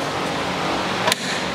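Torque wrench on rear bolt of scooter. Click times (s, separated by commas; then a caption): 1.1 s. A click-type torque wrench set to 45 newton meters tightens the rear bolt of a Yamaha Aerox/NVX CVT scooter against a steady, broadband background hum. A single short, sharp click sounds at 1.1 s, confirming the bolt has reached its 45 Nm torque.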